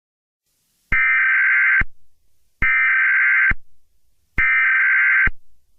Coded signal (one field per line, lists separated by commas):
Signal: Emergency Alert System (SAME) tones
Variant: header bursts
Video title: EAS scenario 25: Mickey error 6: The Return of Mickey error: Wait it’s not over yet